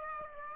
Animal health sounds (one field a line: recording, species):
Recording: mosquito wingbeat signal from an infrared sensor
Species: Aedes aegypti